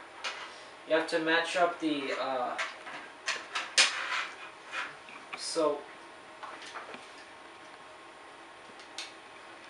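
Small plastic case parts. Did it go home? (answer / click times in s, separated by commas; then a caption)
yes / 9.0 s. A plastic case piece for a Vilros Raspberry Pi 3 B+ single-board computer is lined up with the lower half of the case and eased in while someone talks, with scattered handling knocks along the way. At 9.0 s a sharp snap marks the piece seating into place on the lower half.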